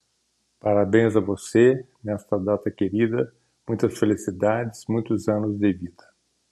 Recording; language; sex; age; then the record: short text; Brazilian Portuguese; male; 60 to 69 years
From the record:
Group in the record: control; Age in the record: 68 years